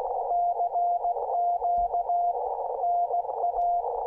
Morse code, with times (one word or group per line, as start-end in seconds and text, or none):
0.3-2.3 CQ
2.8-3.8 NA